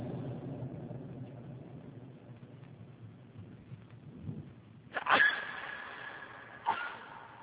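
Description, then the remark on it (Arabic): A single sharp, loud sneeze bursts out over a steady low background hum, followed a moment later by a shorter, fainter sniff-like burst. “رحمك الله.”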